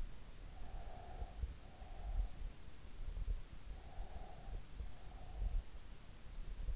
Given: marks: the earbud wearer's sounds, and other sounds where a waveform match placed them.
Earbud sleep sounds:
sounds in sleep by an in-ear microphone; breath
0.48-2.61 s: breath
3.91-5.81 s: breath

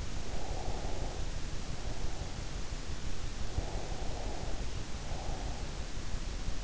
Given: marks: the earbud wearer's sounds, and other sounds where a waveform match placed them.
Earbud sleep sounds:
sounds in sleep by an in-ear microphone; breath
0.28-2.36 s: breath
3.40-5.68 s: breath

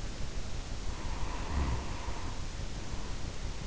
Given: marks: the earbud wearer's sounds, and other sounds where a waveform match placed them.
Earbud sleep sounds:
sounds in sleep by an in-ear microphone; snoring breath
0.76-3.41 s: snoring breath

